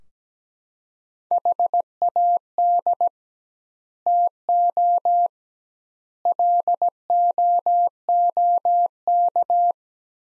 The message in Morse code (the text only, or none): HAD TO LOOK